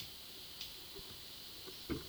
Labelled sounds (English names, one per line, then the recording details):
none
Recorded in pastures near Puerto Asís, Putumayo, Colombia, on 19 February 2024 at 12:00
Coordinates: 0.497, -76.327
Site G7276